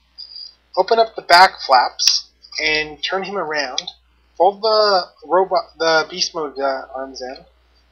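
Someone talks while handling a plastic Transformers Animated Grimlock figure, opening its back flaps, turning it around and folding the beast-mode arms in. The beast-mode arm and back assembly is being folded toward the robot's back, where it clicks into place. Nothing has seated or clicked yet.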